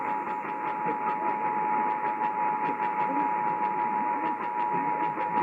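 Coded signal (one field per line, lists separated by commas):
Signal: Emergency Alert System (SAME) tones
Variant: 853 and 960 Hz attention tone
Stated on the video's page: Texas Required Monthly Test originated by WBAP and relayed on all Texas radio and TV stations.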